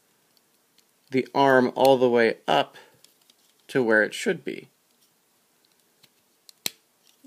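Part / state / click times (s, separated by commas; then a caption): plastic toy arm swivel joint into shoulder/body socket / seated / 6.7 s. Someone talks while the arm of a plastic transforming robot toy is swung up on its internal swivel joint between the body and shoulder, with a few faint plastic ticks in between. A single sharp click at 6.7 s marks the arm locking into place in its socket.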